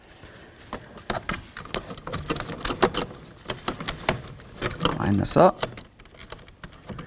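A plastic wiring harness connector is lined up and pressed toward its socket on the door panel switch at the back of a 1988-2000 Chevy K1500 door panel, during an exterior door handle replacement. Someone talks over short plastic handling taps and rattles. The connector has not seated or clicked in yet.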